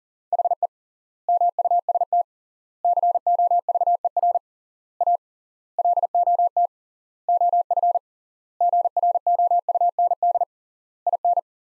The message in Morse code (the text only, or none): HE MUST COVER A LOT OF GROUND IN